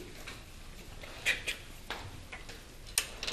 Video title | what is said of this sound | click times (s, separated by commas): So einfach geht das: Ein Besuch im Deutschen Technikmuseum | Bis es klickt, richtig fest runter. Ja, da jetzt. War das Klick. | 3.0 s